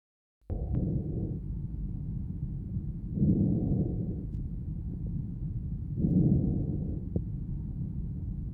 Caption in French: Le murmure vésiculaire normal. Un son doux, de basse tonalité, entendu à la périphérie du poumon et essentiellement inspiratoire.